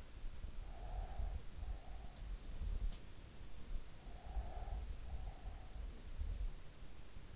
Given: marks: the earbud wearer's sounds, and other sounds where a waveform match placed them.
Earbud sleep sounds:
sounds in sleep by an in-ear microphone; breath
0.68-2.54 s: breath
3.94-5.77 s: breath

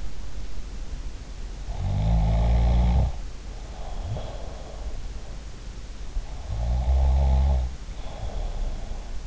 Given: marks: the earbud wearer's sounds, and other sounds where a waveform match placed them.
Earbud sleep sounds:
sounds in sleep by an in-ear microphone; snoring breath
1.73-5.10 s: snoring breath
6.35-9.27 s: snoring breath

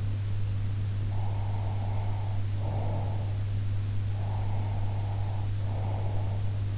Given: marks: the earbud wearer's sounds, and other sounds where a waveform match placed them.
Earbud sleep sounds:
sounds in sleep by an in-ear microphone; breath
0.97-3.34 s: breath
4.09-6.60 s: breath

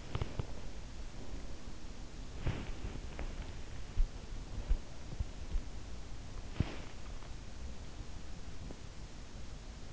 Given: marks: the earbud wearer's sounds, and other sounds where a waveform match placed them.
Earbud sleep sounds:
sounds in sleep by an in-ear microphone; body movement
0.00-0.83 s: body movement
2.38-3.72 s: body movement
6.43-7.01 s: body movement

